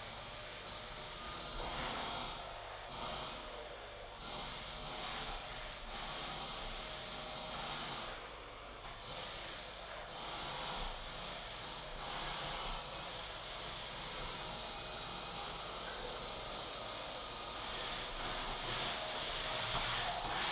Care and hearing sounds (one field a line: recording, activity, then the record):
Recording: daily activity, microphone in the room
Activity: vacuum cleaning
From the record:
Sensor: 5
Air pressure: 991.2 hPa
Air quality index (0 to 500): 122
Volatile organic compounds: 47 ppm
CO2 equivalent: 3247 ppm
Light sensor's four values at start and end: 35/113/43/45 and 35/113/43/45